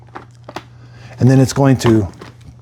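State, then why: Not seated. The mop (Submarine) attachment for a Dyson V15s Detect cordless stick vacuum is being slid along its track onto the vacuum. Faint handling ticks and light plastic contact sounds come early, then someone talks from about 1.2 to 2.1 seconds. The part has not seated or clicked into place yet.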